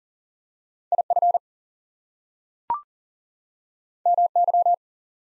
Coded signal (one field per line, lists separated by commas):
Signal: Morse code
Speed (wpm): 39 wpm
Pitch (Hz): 700 Hz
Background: none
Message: IF MY